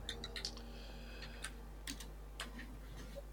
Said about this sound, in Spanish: ¿Quién está tecleando ahí? ¿Quién está tecleando ahí?